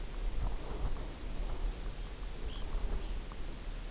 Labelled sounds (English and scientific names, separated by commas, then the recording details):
Red Phalarope (Phalaropus fulicarius)
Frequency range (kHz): Red Phalarope (Phalaropus fulicarius) 2.0-4.8 kHz
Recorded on Arctic tundra, site UTQI-0, on 14 June 2019
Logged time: 02:00